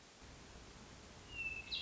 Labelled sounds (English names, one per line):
Hermit Thrush